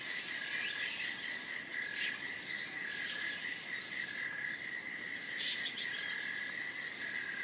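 Cicada buzzing, one sustained high drone running the whole time.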